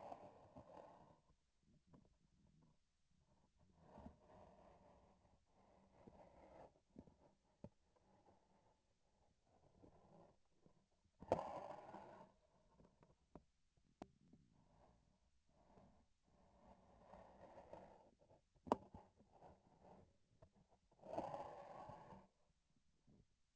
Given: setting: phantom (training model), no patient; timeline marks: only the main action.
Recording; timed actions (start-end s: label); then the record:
laparoscopic instrument, vibration sensor on the handle end
7.83-10.41 s: palpation
18.59-20.18 s: palpation
From the record:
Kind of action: gesture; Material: synthetic tissue